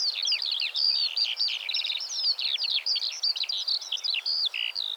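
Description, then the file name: Eurasian skylark pouring out a dense, unbroken warble of high twittering notes, buzzy trills and quick chirps. "Eurasian Skylark Alauda arvensis"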